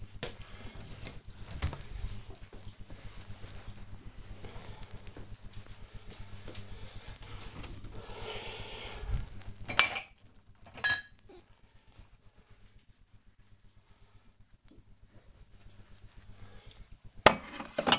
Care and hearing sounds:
household activities, microphone on the right wrist
0.00-17.99 s: cleaning out the dishwasher

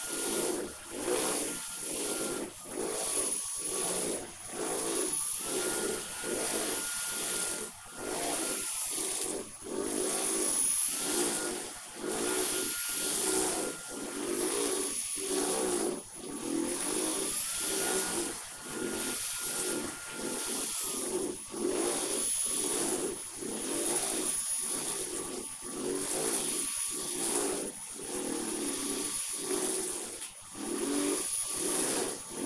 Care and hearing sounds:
household activities, microphone on the right wrist
0.00-32.46 s: vacuum cleaning

